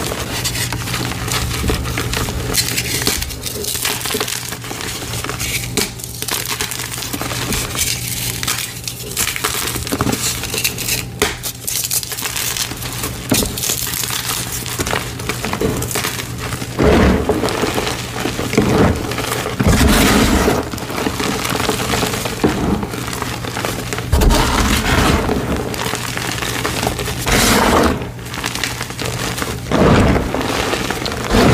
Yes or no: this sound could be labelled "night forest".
no